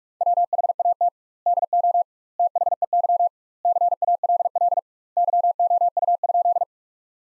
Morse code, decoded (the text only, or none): WHAT DO THEY CALL YOU?